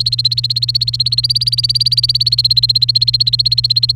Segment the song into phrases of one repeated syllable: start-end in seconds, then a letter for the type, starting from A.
0.00-3.96 A